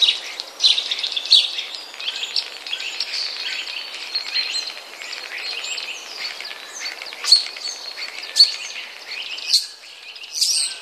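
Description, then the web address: Common Starling song, dense chattering and squeaky notes with sharp clicks about once a second near the end, a busy continuous jumble. "wroblowe ptaki sturnus vulgaris. wroblowe ptaki szpak"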